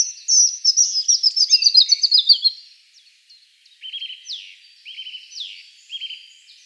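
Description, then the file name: European robin song: a fast, tinkling run of high notes for about two seconds, then a pause and thinner, sliding whistled phrases, no other clear sounds. "Erithacus rubecula"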